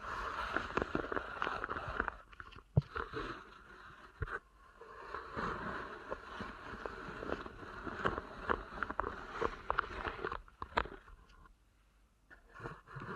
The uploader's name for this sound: ASMR Deep Ear Canal Massage